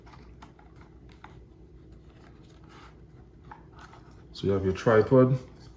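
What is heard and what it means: A Kodak Luma 450 projector has been screwed onto its tripod, and the tripod's locking part is being handled. Faint scattered ticks and light handling noises are heard before someone talks near the end. Nothing has seated or clicked yet.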